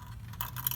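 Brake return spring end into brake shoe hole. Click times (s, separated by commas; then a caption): 0.7 s. Someone stretches a rear drum brake return spring while another guides its end into the hole in the brake shoe, and a short metallic clink sounds at 0.7 s. The spring end is only partly hooked, half in the hole and not yet poking out the other side.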